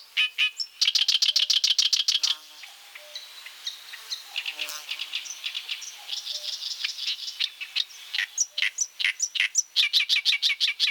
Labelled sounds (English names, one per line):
Oriental Reed Warbler song